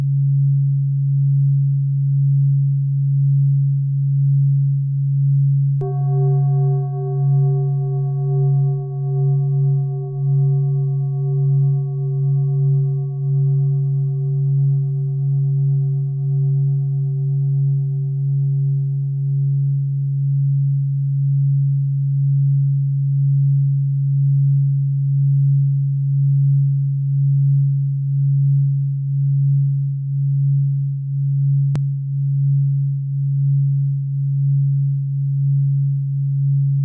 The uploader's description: bineural beat